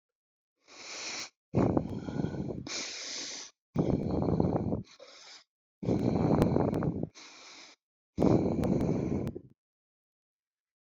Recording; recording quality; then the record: shallow breathing; excellent, no background noise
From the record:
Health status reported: recovered from COVID-19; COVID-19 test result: positive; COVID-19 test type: RT-PCR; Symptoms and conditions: cough, cold, sore throat, fever, fatigue, hypertension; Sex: male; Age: 58 years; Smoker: no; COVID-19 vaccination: both doses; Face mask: not worn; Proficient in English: yes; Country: India